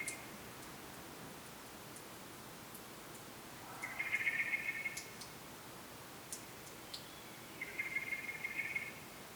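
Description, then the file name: Common blackbird uttering buzzy, rattling calls about a second long, two bursts several seconds apart, with faint clicks and steady background hiss. "Turdus merula"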